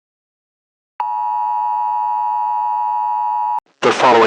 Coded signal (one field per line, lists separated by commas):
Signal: Emergency Alert System (SAME) tones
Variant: 853 and 960 Hz attention tone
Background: speech